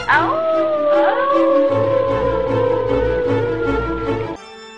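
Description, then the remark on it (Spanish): A wolf howls in a long, steady, wavering tone that glides slightly downward over several seconds, with a second overlapping howl and a low rumble beneath, ending abruptly. “Una madre le dice a su hijo: si no terminas toda la polenta, llamo al lobo feroz.”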